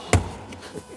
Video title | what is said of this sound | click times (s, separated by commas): YITA MOTOR FLOORMATS REVIEW 2015 - 2024 FORD F150 REVIEW & INSTALL YITAMOTOR | and they snap right into the factory clips | 0.1 s